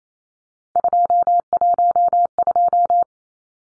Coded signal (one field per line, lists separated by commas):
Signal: Morse code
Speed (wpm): 28 wpm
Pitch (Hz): 700 Hz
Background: none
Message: 212